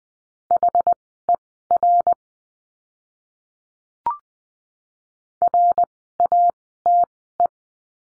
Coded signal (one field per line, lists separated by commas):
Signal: Morse code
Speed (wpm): 20 wpm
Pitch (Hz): 700 Hz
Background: none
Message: HER RATE